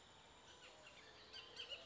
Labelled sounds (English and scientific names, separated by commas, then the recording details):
Bullock's Oriole (Icterus bullockii)
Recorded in Sonoma County, California